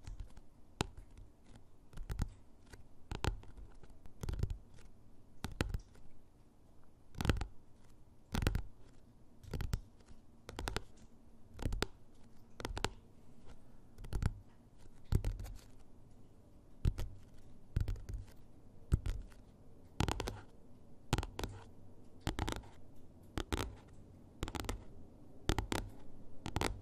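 Fingernails and finger pads tap on objects, sharp clicks mixed with duller knocks. The taps come in uneven clusters about every second, sometimes quickening into quick runs, over a faint low hum.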